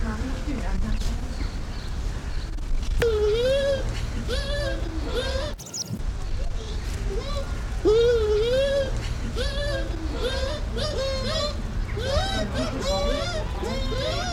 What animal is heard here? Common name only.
Bush Dog